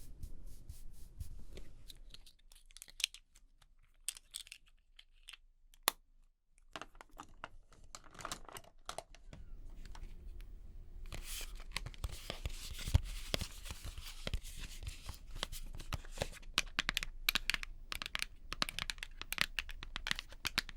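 Someone doing their makeup, with a stream of small clicks, taps and soft rustling. The first half is sparse, with a near-silent stretch around four to seven seconds. From about eleven seconds the handling grows busier and louder, with quick scratchy brushing and frequent sharp ticks.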